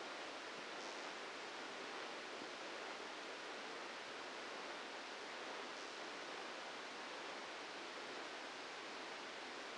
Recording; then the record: brain microelectrode recording played as sound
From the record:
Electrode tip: inside the subthalamic nucleus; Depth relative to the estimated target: 1 mm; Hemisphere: left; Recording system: NeuroSet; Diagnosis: Parkinson's disease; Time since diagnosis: 8 years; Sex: male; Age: 59 years